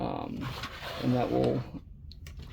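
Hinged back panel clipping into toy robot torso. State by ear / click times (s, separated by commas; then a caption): seated / 2.1 s. Someone talks while the hinged plastic back panel of a Transformers Legacy Tidal Wave toy robot is flipped down onto its torso. A sharp click at 2.1 s marks the panel clipping into place, seated, which limits rotation.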